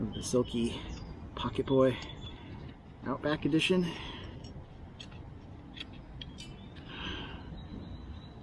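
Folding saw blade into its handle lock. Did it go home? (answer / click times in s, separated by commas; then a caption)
yes / 6.2 s. Someone talks while the metal blade of a Silky Pocket Boy Outback Edition pocket folding saw is swung open in its handle, with a few faint handling ticks around it. The blade's lock engages with a sharp click at 6.2 s, and the blade is seated, locked open.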